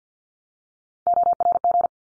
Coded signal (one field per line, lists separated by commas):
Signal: Morse code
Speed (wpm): 50 wpm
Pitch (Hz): 700 Hz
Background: none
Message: ORG